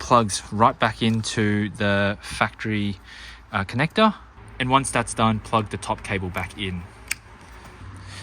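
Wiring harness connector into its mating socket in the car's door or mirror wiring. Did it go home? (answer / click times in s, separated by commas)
yes / 7.1 s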